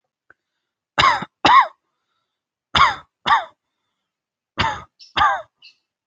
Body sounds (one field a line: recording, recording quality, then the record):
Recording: shallow voluntary cough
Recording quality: excellent, no background noise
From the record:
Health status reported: healthy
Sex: male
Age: 37 years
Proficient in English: yes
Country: India